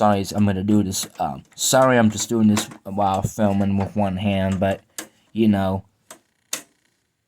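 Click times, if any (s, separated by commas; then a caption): none. Someone talks while working one-handed and filming, handling an internal component to press it into a DVD drive. After the talking, a few short, sharp handling sounds come near 6.1 s and 6.5 s. Nothing has seated or clicked into place yet.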